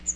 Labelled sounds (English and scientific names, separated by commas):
Magnolia Warbler (Setophaga magnolia) flight call